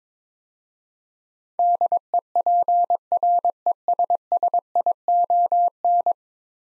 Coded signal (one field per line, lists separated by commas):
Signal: Morse code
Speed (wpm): 22 wpm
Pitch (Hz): 700 Hz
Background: none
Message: DEPRESSION